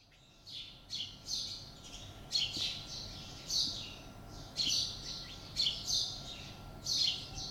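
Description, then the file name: House sparrow calls, short bright chirps in bursts roughly once a second, with a steady faint tone underneath. "Passer domesticus"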